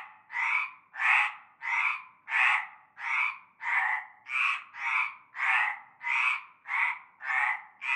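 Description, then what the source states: Frog calling with raspy croaks, about a dozen in steady succession, each under a second long, with quiet gaps between. Frog chorus starting at nightfall in a large concrete basin with stagnant greenish water, Avenue Cante Coucou, Groupède, La Ciotat, Bouches-du-Rhône, Provence, France.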